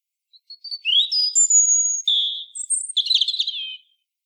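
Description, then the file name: European robin delivering a varied phrase of clear high whistles, a held note and a jangling trill that falls away at the end. "Erithacus rubecula"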